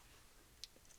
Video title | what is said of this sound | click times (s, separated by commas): How do you fix a leak coming out of the grip frame in the Planet Eclipse CS2? | make sure that it kind of snaps in place there | 0.6 s